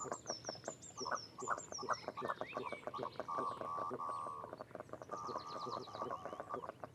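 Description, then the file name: Goosander calls: rapid pulsed croaking notes with harmonic, nasal tones, running almost continuously, while thin high whistled downslurs sound above them. Close recording of goosander. "Digiffects Sound Effects Library - Close Goosander Bird"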